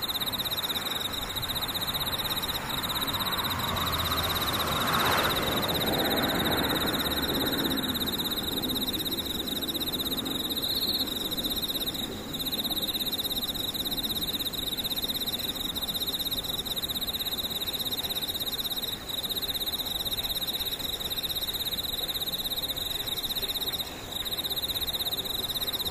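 Insects sing in a dense, unbroken chorus, with high, thin trilling bands that hold steady for the whole stretch. Around five to eight seconds a low rushing swell passes through, like a vehicle going by, then fades back under the insects.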